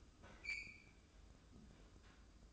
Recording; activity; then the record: daily activity, microphone in the room; open fridge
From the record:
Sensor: 2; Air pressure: 995.1 hPa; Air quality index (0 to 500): 66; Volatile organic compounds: 2 ppm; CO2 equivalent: 1119 ppm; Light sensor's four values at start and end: 18/56/22/21 and 18/56/22/21